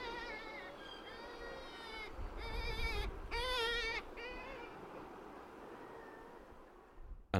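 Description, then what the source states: Black-legged Kittiwake alarm calls: several long wailing moans, wavering in pitch, in close sequence over a low rumble, ending with a sharp knock. Aerial alarm call given to a predator, a soft wailing moan, the most frequent alarm call.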